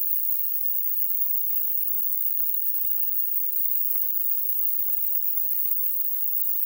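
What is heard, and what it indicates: Steady, unbroken high-pitched hiss, a simulated noise-type tinnitus that illustrates phantom ringing or rushing in the ears.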